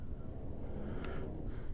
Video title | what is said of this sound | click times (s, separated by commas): Street Bob - Viking Saddlebags hold more than I expected | You hear that little snap? | 1.1 s